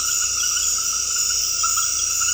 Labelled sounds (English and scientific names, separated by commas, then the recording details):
none
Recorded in dense forest near Puerto Asís, Putumayo, Colombia, on 19 February 2024 at 21:30
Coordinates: 0.485, -76.318
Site G6408